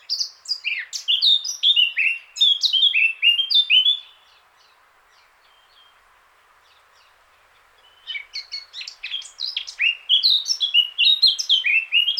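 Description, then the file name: Eurasian blackcap song: four seconds of fast, rich warbling and whistles, a four-second silence, then another hurried, chattering phrase. "Sylvia atricapilla"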